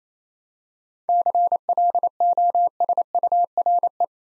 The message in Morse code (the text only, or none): CLOSURE